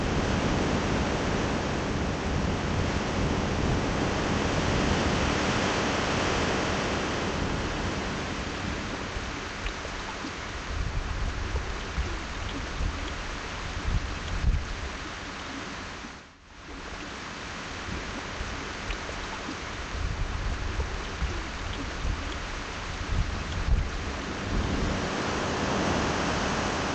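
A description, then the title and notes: Waves rush and churn in a dense, steady wash that fills everything from deep rumble to bright hiss. Low surges swell and fade every few seconds, and around sixteen seconds the sound briefly drops out almost completely before the roar returns. Waves. Sitting on the beach.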